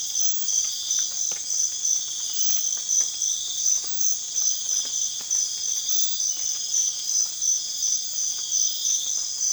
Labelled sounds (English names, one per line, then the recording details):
none
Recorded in pastures near Puerto Asís, Putumayo, Colombia, on 30 June 2025 at 04:30
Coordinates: 0.502, -76.324
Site G010